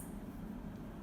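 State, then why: Not seated. The fabric wings of a reusable cotton cloth pad are folded back so the snap button can be pressed closed. Only a steady low background hum is heard, with no sharp sounds. The snap has not closed yet.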